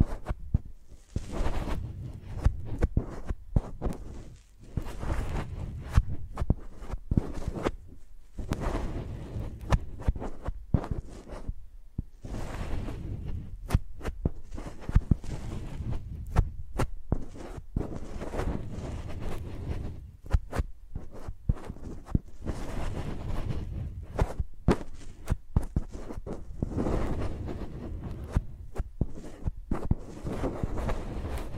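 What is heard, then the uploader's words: Microphones rubbed and scratched like pencils make dense, thumpy scraping with sharp clicks, pausing briefly around 4, 8, 12 and 20 seconds. ASMR Using Mics as Pencils (No Talking).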